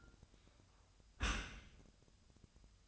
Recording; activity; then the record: daily activity, microphone in the room; close dishwasher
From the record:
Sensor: 2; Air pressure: 1004.5 hPa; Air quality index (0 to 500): 118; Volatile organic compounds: 3 ppm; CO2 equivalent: 1431 ppm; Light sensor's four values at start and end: 6/15/6/6 and 6/15/6/6